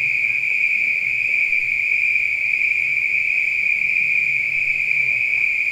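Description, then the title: Spring peepers in full chorus, a shrill steady ringing without pause, over a quiet low background hum. Peepers calling at night. "neoscenes: night peepers"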